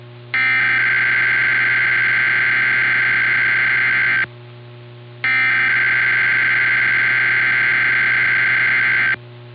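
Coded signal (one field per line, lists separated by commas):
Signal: Emergency Alert System (SAME) tones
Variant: header bursts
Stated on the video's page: Required weekly EAS test from an AM station on 960 kHz, aired during a news report.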